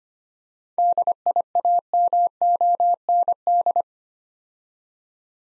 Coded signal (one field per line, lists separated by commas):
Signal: Morse code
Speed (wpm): 25 wpm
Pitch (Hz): 700 Hz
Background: none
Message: DIAMOND